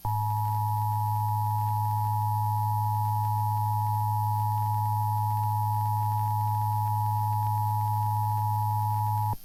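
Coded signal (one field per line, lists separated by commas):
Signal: Emergency Alert System (SAME) tones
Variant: 853 and 960 Hz attention tone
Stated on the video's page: IPAWS Required Weekly Test received off-air from an FM broadcast station, with poor audio quality.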